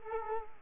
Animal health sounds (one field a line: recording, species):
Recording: mosquito wingbeat signal from an infrared sensor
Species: Culex quinquefasciatus